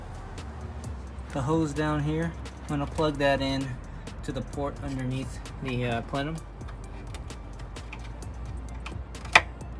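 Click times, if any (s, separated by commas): 9.4 s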